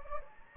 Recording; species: mosquito wingbeat signal from an infrared sensor; Anopheles gambiae